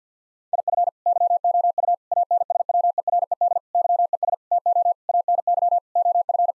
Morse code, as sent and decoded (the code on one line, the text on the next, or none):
.. ..-. / -.-- --- ..- / .- -. ... .-- . .-. . -.. / -.-- . ... / - --- / .- -. -.-- / --- ..-.
IF YOU ANSWERED YES TO ANY OF